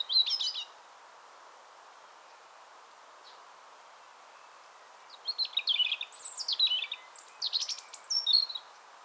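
European robin giving a short high twitter, then after a silent gap a longer run of shrill whistles, rapid trills and warbled notes.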